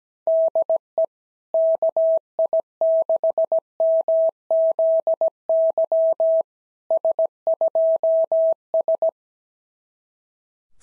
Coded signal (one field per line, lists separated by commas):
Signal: Morse code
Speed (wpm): 15 wpm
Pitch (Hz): 650 Hz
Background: none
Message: DE KI6MZY S2S